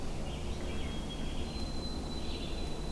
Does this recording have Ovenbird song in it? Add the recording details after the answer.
no. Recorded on 21 June 2016 at 08:12. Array SBT-6-76